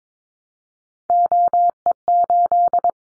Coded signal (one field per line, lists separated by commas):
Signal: Morse code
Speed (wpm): 22 wpm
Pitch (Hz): 700 Hz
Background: none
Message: OE8